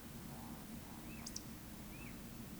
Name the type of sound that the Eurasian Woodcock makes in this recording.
whistle, croak